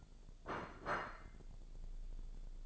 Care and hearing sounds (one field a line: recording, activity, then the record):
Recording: daily activity, microphone in the room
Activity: place plate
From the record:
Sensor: 5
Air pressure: 1000.3 hPa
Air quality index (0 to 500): 126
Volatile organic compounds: 2 ppm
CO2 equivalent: 996 ppm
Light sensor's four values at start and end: 98/232/99/108 and 98/233/99/108